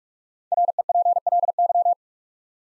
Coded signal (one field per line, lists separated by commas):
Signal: Morse code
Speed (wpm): 44 wpm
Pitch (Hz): 700 Hz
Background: none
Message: REPLY